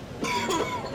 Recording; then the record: coughing mixed with background sound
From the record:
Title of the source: Dry Coughing Fit in the Afternoon.